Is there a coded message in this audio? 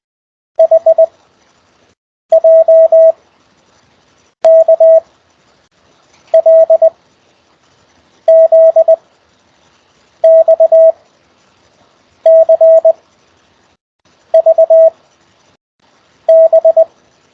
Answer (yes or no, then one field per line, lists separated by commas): yes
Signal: Morse code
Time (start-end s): 0.6-16.8 s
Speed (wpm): 20 wpm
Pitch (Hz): 650 Hz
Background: none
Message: H J K L Z X C V B